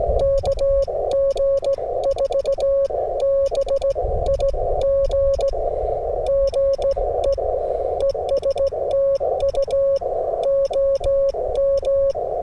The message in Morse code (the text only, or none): KG4 B IG GE ES TU OM